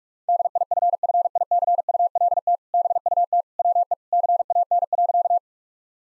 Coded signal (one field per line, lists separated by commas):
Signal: Morse code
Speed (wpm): 46 wpm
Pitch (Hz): 700 Hz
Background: none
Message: DIFFICULT BUT WE CAN.